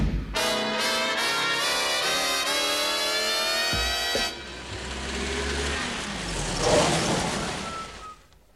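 A long, steady car horn blares for about four seconds, then gives way to a rumbling engine that swells and revs as the vehicle pulls away, fading toward the end.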